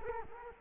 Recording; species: mosquito wingbeat signal from an infrared sensor; Culex quinquefasciatus